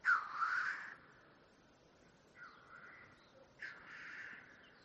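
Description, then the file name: Black grouse making a loud breathy hiss, then two fainter hissing calls over a steady background rush of noise. "audio hero Bird Black Grouse"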